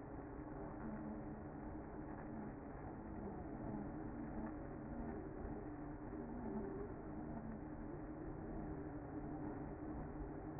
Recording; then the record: honeybee colony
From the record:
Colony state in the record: active